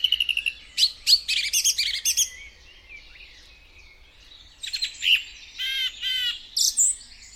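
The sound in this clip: Song thrush singing: bursts of sharp, varied phrases, some repeated, high and chattering, with a quiet pause midway before more clear whistled and scratchy notes.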